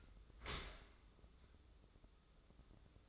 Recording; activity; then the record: daily activity, microphone in the room; open dishwasher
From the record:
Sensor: 3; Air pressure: 995.8 hPa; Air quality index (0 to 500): 97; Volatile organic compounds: 14 ppm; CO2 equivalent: 2433 ppm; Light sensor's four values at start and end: 29/88/37/32 and 29/88/37/32